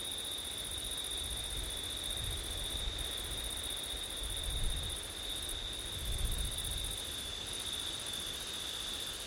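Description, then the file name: Crickets trill steadily at a high pitch while low gusts of wind rumble and swell, growing stronger twice around the middle. Crickets singing on a September night in wind, recorded with an ORTF setup. "crickets wind september night ortif"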